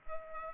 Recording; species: mosquito wingbeat signal from an infrared sensor; Culex pipiens